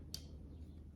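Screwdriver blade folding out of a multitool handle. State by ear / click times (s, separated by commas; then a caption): not seated / none. A screwdriver blade is folded out of a Leatherman Bond multitool handle; the tool has no lock, only a detent that the blade snaps open onto. A brief bright tick of handling sounds at about 0.1 s over a steady low hum. The blade has not yet snapped into its detent, so nothing has seated or clicked yet.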